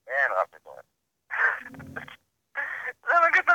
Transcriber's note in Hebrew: צוחק